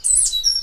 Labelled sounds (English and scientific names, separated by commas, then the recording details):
Stitchbird (Notiomystis cincta) song
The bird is a male
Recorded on Tiritiri Matangi Island, New Zealand, in 2005
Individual 8, of nest box 10